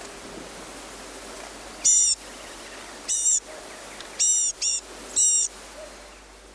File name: bluegraygnatcatcher